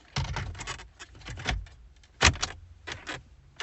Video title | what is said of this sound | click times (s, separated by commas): How to install Eonon M3BLA13 radio into 2010-2013 Mazda3 | And then this unit's just going to click right in. | 2.4 s